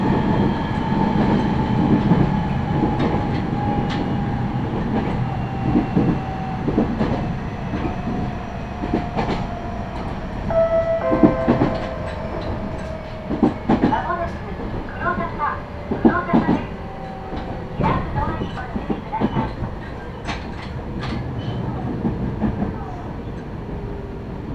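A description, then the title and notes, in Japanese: A Meitetsu Toyota Line train runs between Sanage, Umetsubo and Akaike, with a steady low rumble of wheels and a long whining tone that slowly falls in pitch. Sharp clicks and clatters come through irregularly, thickest between about 11 and 20 seconds. 名古屋鉄道 豊田線 猿投→梅坪→赤池。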